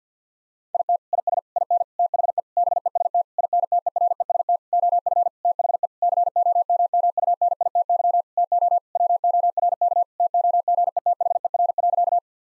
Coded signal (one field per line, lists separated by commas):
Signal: Morse code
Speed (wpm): 50 wpm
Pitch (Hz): 700 Hz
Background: none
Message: IT IS IN THE BEST INTEREST OF THE COMMUNITY TO WORK TOGETHER.